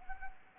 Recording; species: mosquito wingbeat signal from an infrared sensor; Anopheles arabiensis